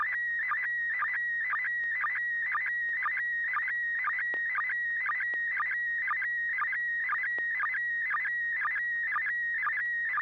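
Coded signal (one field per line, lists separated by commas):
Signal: SSTV (slow-scan television)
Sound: steady whistling tone with warbling bursts and low sync chirps about twice a second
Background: low hum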